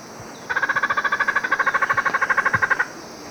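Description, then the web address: Dusky Spinetail call, a fast buzzy rattle of rapid repeated nasal notes held for just over two seconds, then stopping abruptly against faint background hiss. Ecuador. "Birds of Ecuador. Dusky Spinetail"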